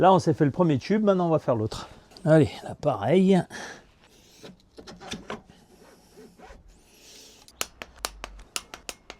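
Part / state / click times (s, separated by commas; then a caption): triple clamp screws on a motorcycle fork tube / torque reached / 7.6 s, 8.0 s, 8.2 s, 8.6 s, 8.9 s. Someone talks while the triple clamp screws on the second fork tube of a Ducati Monster motorcycle are tightened with a torque wrench to 22 Nm, the same as the first tube. Sharp wrench clicks follow at 7.6, 8.1, 8.2, 8.6 and 8.9 seconds, confirming each screw has reached torque.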